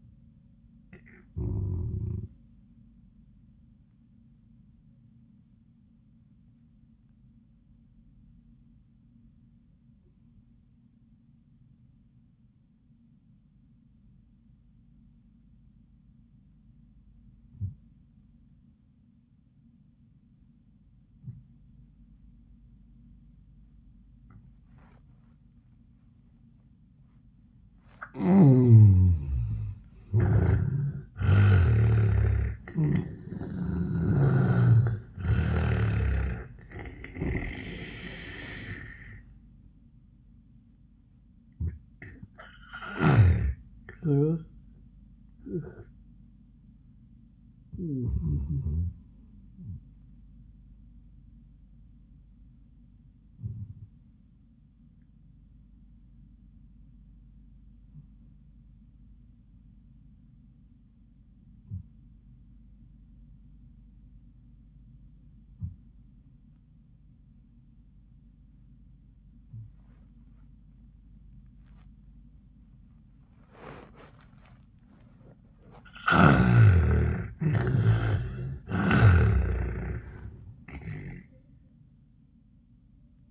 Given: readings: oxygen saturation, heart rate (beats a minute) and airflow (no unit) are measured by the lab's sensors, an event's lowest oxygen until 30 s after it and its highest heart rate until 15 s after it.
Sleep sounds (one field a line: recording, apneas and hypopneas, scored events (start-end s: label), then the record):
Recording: breathing in sleep by a smartphone at the bedside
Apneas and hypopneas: 2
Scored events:
3.00-29.40 s: hypopnea (N1, oxygen 96% highest, then 75% lowest, heart rate 93 at the start, 96 highest)
54.00-83.31 s: new sleep stage, N2 (light sleep)
55.00-77.50 s: obstructive apnea (N2, oxygen 97% highest, then 75% lowest, heart rate 93 at the start, 97 highest)
From the record:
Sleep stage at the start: N1 (lightest sleep)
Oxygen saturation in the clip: 75 to 97%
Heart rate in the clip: 66 to 101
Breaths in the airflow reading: 8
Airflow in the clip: -24.2 to 27.4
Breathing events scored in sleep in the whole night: 400 in 8.7 hours asleep